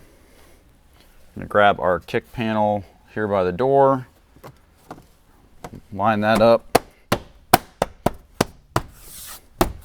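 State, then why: Seated. Someone talks while a plastic kick panel trim piece by the door of a Toyota Tacoma truck is lined up and pressed into the truck body. A series of sharp clicks follows at about 7.1, 7.5, 7.8, 8.4, 8.8 and 9.6 seconds as the panel's clips snap back into place, and the panel is seated.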